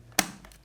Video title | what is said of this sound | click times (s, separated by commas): SSR249 Unboxing | just pop that up and over, gently clip it into the | 0.2 s